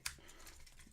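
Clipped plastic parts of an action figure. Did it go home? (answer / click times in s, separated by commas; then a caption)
released / 0.1 s. Clipped plastic parts of an action figure are separated after the figure is flipped over, giving a sharp click at 0.1 s followed by a quieter, softer tick around 0.7 s. The parts unclip and come apart.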